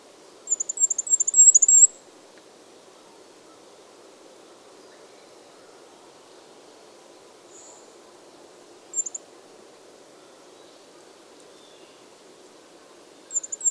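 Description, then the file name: Goldcrest song: a quick, very high-pitched trill of thin repeated notes early on, followed by long silences broken by a few brief high fragments. "Regolo"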